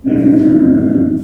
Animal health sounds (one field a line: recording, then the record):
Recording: squeal of a Yucatan mini pig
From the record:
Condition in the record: after surgery on the right vocal fold (resection and tissue-engineered implant)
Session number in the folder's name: 4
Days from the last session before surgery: 26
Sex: female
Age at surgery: 19 weeks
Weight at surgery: 25 kg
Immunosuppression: prednisolone